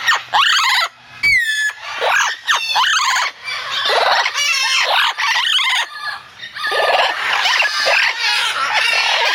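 Parrot squawks and screeches, loud harsh calls in rapid overlapping bursts with rising and falling whistled squeals, nearly continuous throughout.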